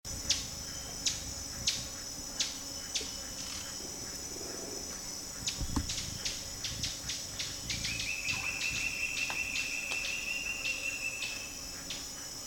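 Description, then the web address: Fiery topaz calls: sharp, high ticks at irregular intervals, then a thin, rapid high trill that runs for about four seconds, all over a steady background hiss. "sound Fiery-topaz. صدای-پرنده-زبرجدی-آتشین"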